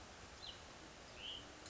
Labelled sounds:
Hutton's Vireo (Vireo huttoni)

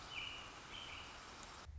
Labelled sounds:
American Robin (Turdus migratorius)

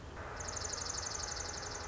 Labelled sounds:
Dark-eyed Junco (Junco hyemalis)

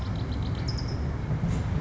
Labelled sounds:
California Towhee (Melozone crissalis)

